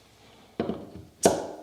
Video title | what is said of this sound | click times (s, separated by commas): Replacing Delta Brizo Bath Faucet Cartridge | it just kind of snaps into place once you start lowering it onto this base. | 0.6 s